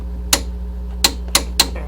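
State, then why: Torque reached. A torque wrench is pulled on a front brake bolt of a 2003 Trailblazer, giving four loud, sharp metallic clicks at 0.3, 1.1, 1.4 and 1.6 seconds over a steady low hum. The clicks show the bolt has reached its torque setting, and the torque is confirmed done.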